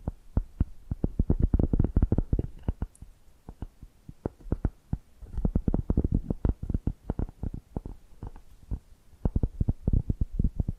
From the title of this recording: ASMR Hypnotic Tapping and Scratching Sounds